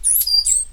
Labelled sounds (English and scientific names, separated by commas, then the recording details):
Stitchbird (Notiomystis cincta) song
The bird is a male
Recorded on Tiritiri Matangi Island, New Zealand, in 2005
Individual 8, of nest box 10